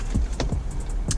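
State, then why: Seated. A replacement 10.25-inch IDrive sat nav Android touchscreen headunit for a BMW 1 Series E88/E87/E82/E81 is clasped into its dashboard mount, with both sides locked down tight. Over a steady low-frequency background, two sharp clicks ring out at 0.4 s and 1.1 s as the clasps lock. The headunit is seated, locked into place on both sides.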